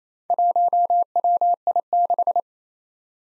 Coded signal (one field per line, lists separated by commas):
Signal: Morse code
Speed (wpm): 28 wpm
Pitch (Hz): 700 Hz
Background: none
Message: 1WI6